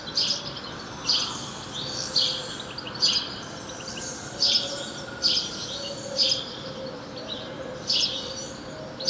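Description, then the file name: House sparrow giving clusters of sharp chirps, spaced about one to two seconds apart, over a steady background hiss. "Passer domesticus"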